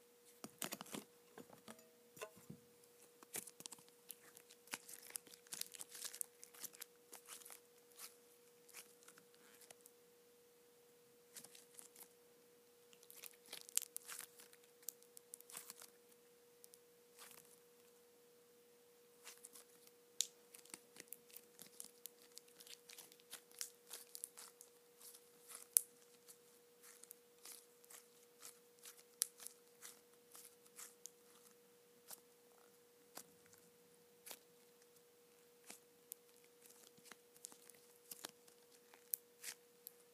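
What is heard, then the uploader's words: Soft putty being worked, giving off crisp sticky clicks and small crackles in irregular clusters, busiest in the first few seconds and again around the middle and end. A steady, thin mid-pitched tone hums underneath the whole time. ASMR Soft Putty.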